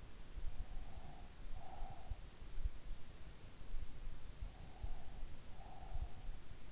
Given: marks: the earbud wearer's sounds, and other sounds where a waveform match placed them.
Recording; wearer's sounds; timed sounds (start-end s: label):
sounds in sleep by an in-ear microphone; breath
0.61-2.14 s: breath
4.27-6.14 s: breath